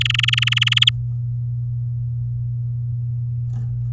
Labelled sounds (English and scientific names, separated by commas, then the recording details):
Domestic Canary (Serinus canaria) song
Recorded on 10 May 2018 at 08:11
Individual llb16